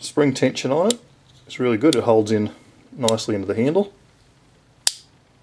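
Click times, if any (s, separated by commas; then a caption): 4.9 s. Someone talks, then an EKA Swede 88 wood-handled folding knife is opened and its thin steel blade snaps into its locked open position with a sharp click at 4.9 s. The blade is seated and locked, with no discernible movement afterwards.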